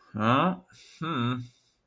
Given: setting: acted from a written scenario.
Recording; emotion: vocal sound without words; sympathy